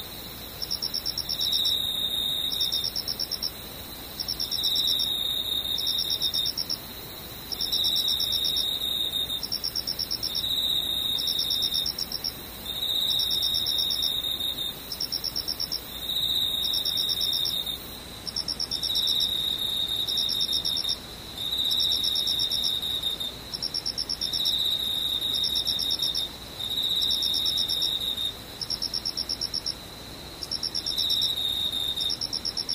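Insects chirping in a steady, dense trill, a high, bright pulsing song that runs in long bursts of about two to three seconds with short gaps between them. The pattern repeats regularly through the whole clip over a faint, even hiss.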